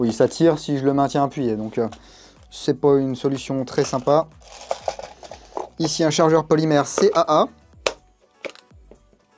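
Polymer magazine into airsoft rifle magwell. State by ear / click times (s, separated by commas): seated / 7.9 s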